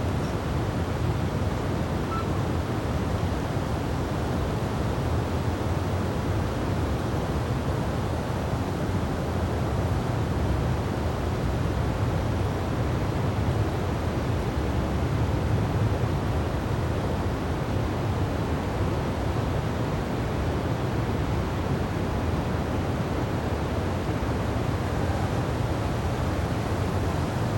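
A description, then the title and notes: A gentle night breeze blows in a steady, unbroken rush that stays even from start to finish. The sound sits low and soft, thickest in the deep range and thinning toward the top, with no distinct events breaking through. Gentle Breeze Blows Through the Night.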